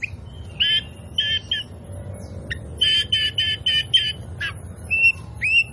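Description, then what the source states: Oriental magpie-robin giving harsh, scratchy repeated notes in short bursts, then a couple of whistled notes near the end. Indonesian name kacer poci; described as gacor, meaning singing vigorously and often.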